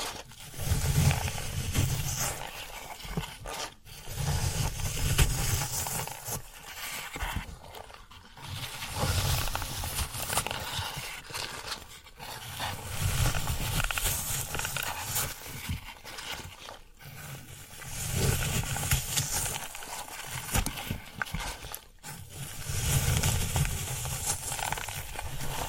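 Floral foam being worked, giving a dense, rough crunching and scratching that runs almost without break. The sound comes in long swells of about four seconds, each ending in a brief near-silent gap, with a low rumbling grind beneath the brighter crackle.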